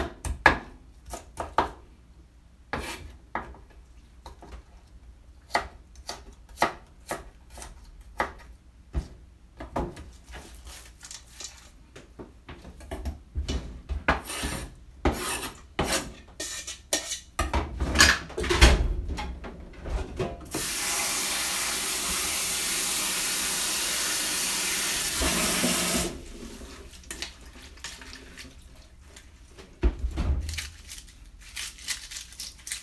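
Kitchen sounds: a run of quick, irregular knocks and scrapes, like chopping and rubbing, fills the first twenty seconds, with a louder burst around 18 seconds. From about 21 to 26 seconds a steady, bright hiss like a running tap takes over, then scattered clatter returns.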